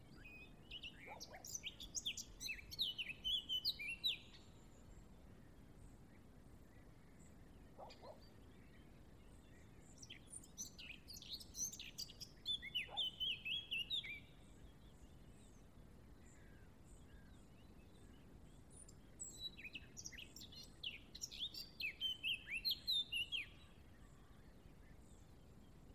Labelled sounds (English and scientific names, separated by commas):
Eurasian Blackcap (Sylvia atricapilla) song